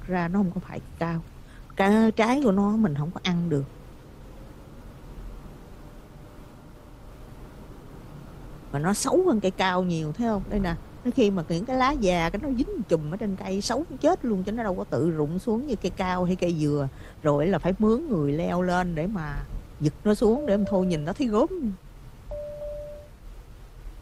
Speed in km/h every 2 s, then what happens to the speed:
29, 37, 45, 47, 50, 53, 56, 58, 56, 50, 45, 39.
0-13 speeds up to 58. 16-24 slows to 39.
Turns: none.